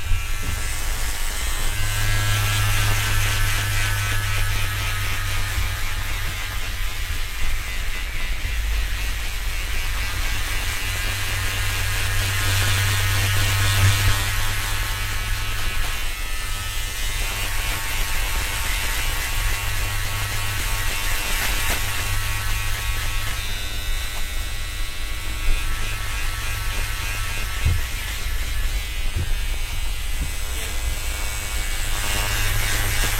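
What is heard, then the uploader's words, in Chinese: A haircut with electric clippers: a steady low buzzing drone runs the whole time under a dense, crackly rustle of hair being cut. The texture shifts now and then, especially around the middle and near the end, as the clippers move. 3D音效 剪发。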